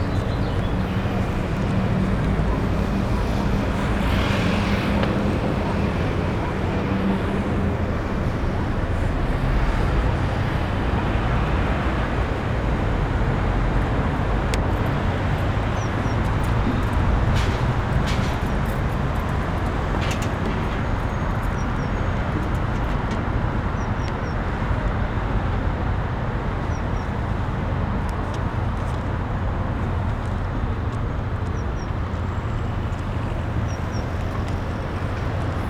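A rooftop in London, filled with a steady, dense wash of city traffic noise that holds level throughout. A low hum runs underneath, with a brighter swell around four to five seconds and short clicks and ticks scattered between fifteen and twenty seconds.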